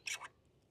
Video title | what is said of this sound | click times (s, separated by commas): 9 BEST Accessories for Tern Orox Adventure Cargo Bike | and then they lock into place nice and secure and they've made it so there isn't a rattle which is | 0.1 s